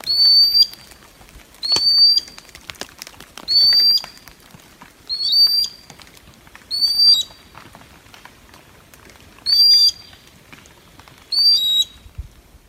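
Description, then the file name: Common sandpiper calls: seven thin, high whistled notes, repeated every couple of seconds, with faint background noise between them. "rantasipi"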